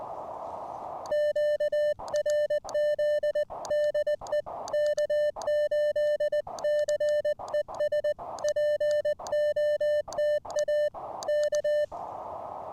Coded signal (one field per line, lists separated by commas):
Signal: Morse code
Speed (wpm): 20 wpm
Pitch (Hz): 600 Hz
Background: music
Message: QRZ DE K8CES POTA K